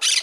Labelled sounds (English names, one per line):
Brown-throated Parakeet contact call